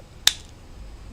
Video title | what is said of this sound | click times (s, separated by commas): Dental Dilemmas - Live Q & A Show - November 13th, 2024, Wednesday, 7PM TO 8PM CST | it's like a button I don't know whether you guys hear the click or not like this | 0.3 s